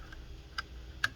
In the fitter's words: make sure it lines up. You can tell it kind of locks into place.